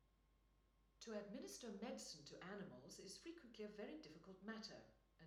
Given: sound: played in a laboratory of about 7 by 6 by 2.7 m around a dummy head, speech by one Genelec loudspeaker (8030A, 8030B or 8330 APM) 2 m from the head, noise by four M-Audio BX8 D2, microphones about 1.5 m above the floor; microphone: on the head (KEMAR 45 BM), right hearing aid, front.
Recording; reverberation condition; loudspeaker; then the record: female speech in English; medium; 90 degrees to the right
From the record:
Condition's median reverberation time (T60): about 510 ms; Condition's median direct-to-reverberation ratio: about -0.5 dB